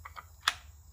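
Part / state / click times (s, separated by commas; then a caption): spindle lock button into the blade arbor of a compact circular saw / seated / 0.5 s. The spindle lock button on a DeWalt DCS571 4 1/2" compact circular saw is pressed while the blade is rotated, because the lock is hard to push and the blade must be turned into a position where it will lock. Two faint ticks at 0.1 s and 0.2 s come first, over a low steady hum. A sharp click at 0.5 s marks the lock engaging the blade arbor and seating.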